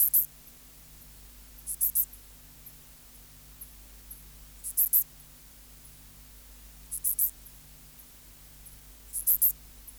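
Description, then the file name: Pholidoptera fallax song: brief high chirps in pairs or threes, coming every few seconds against a soft background hum. "Pholiodoptera fallax"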